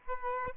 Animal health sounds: mosquito wingbeat signal from an infrared sensor; Aedes aegypti

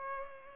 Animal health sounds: mosquito wingbeat signal from an infrared sensor; Culex pipiens

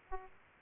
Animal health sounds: mosquito wingbeat signal from an infrared sensor; Aedes aegypti

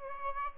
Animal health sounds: mosquito wingbeat signal from an infrared sensor; Aedes albopictus

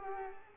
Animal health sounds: mosquito wingbeat signal from an infrared sensor; Culex pipiens

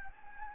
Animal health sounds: mosquito wingbeat signal from an infrared sensor; Anopheles gambiae

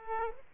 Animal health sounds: mosquito wingbeat signal from an infrared sensor; Aedes aegypti

